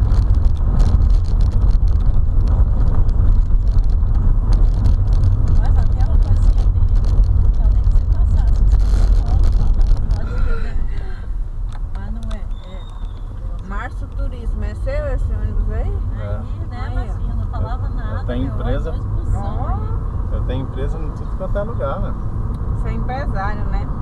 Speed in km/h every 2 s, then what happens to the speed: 32, 32, 32, 31, 24, 12, 15, 24, 28, 36, 42, 50.
0-6 steady at about 32. 6-10 brakes to 12. 11-24 speeds up to 50.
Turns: none.